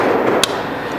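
The second factory wiring harness connector is slid down into the new unlocked PCM (engine control module) of a Jeep Wrangler JL 2.0L, and its gray lock is slid back. A single sharp click sounds at 0.4 s over a steady background hiss. The connector is seated and locked in place.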